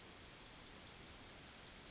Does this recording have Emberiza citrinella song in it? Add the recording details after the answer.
yes. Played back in grassland. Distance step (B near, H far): C. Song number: 056